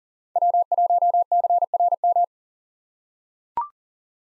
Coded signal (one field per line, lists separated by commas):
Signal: Morse code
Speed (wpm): 40 wpm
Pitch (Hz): 700 Hz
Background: none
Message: W1CRM